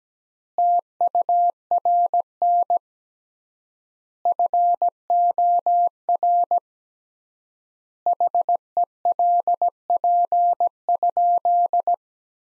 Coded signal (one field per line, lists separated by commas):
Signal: Morse code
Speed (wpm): 17 wpm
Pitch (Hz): 700 Hz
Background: none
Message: TURN FOR HELP?